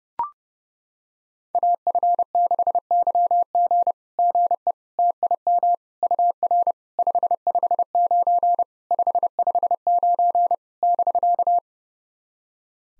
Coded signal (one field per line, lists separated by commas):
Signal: Morse code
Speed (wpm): 30 wpm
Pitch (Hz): 700 Hz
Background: none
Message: AF6YG GE TIM UR 559 559 <BK>